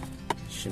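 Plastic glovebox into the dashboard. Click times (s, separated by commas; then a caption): 0.3 s. A plastic glovebox on a Hyundai Getz 1.5 CRDi is pushed up and strained into its dashboard mounts after the pollen filter change, and it seats with a short, sharp click at 0.3 s. Music plays underneath throughout.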